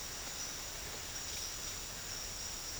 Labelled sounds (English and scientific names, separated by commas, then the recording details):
none
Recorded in dense forest near Puerto Asís, Putumayo, Colombia, on 9 March 2025 at 09:00
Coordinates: 0.484, -76.325
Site G045